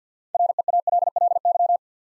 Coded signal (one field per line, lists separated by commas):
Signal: Morse code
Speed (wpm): 52 wpm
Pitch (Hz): 700 Hz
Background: none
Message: REALLY